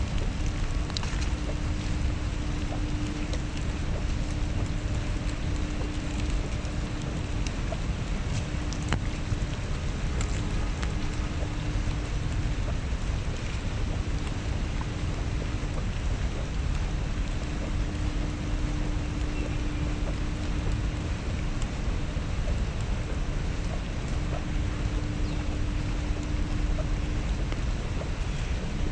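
Steady rain in Central Park falls in a dense, even hiss with a low rumble beneath and a faint sustained hum through most of it.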